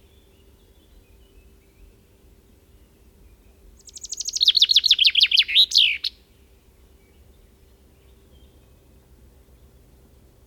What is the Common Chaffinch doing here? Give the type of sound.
song